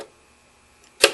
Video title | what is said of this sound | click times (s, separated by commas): How to diagnose engine misfire | and you hear it snap. | 1.0 s